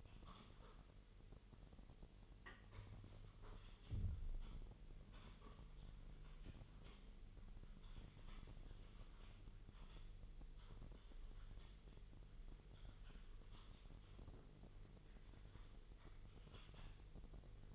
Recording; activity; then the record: daily activity, microphone in the room; typing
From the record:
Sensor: 4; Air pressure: 1002.9 hPa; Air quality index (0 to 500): 248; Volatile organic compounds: 19 ppm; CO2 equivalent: 2652 ppm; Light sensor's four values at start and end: 5/12/4/5 and 5/12/4/5